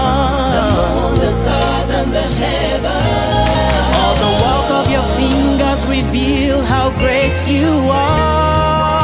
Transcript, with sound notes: moon, the stars and the heavens (echo)
All the work of your fingers reveal how great you are